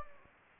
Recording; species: mosquito wingbeat signal from an infrared sensor; Anopheles gambiae